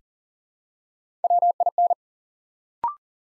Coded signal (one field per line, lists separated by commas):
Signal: Morse code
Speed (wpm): 41 wpm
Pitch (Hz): 700 Hz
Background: none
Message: WIN